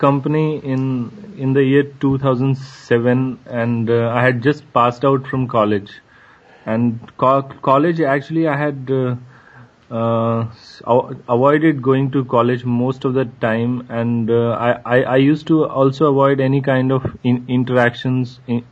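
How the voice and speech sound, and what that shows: A 27-year-old man who stammers and uses stuttering modification techniques speaks in a steady mid-pitched voice. His speech breaks into part-word and whole-word repetitions ("co- college", "I- I- I"), drawn-out "and"s, and a silent block of about two seconds mid-sentence. These are typical disfluencies of stuttering.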